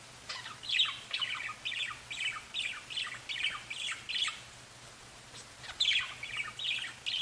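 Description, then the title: Budgerigar chirping, a rapid series of short scratchy calls with brief pauses and a faint steady hum beneath. "Budgie Sounds"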